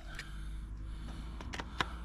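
The spray lance of an Ingco cordless 20V pressure washer is pushed into the spring-loaded quick-connect coupling, made of plastic and metal, on the end of the gun. A few faint ticks are heard around 1.4–1.6 s over a steady low hum, then a sharp click at 1.8 s as the lance seats and attaches into the spring-loaded coupling.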